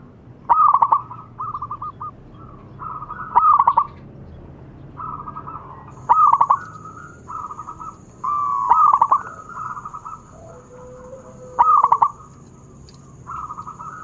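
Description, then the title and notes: Zebra dove song: staccato cooing bursts followed by soft trilled coos, phrases repeated every three seconds, with a faint steady high whine in the latter half. Long-duration lure recording of a zebra dove singing prolifically (described as gacor). "Pancingan Perkutut Durasi Panjang. Suara Burung Perkutut Gacor"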